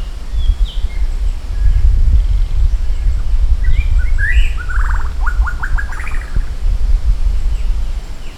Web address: maratua shama